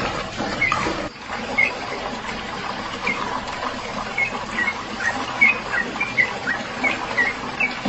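Bird chirps: clipped, bright notes, sparse at first then coming in quicker succession, with a short break early on and background hiss throughout.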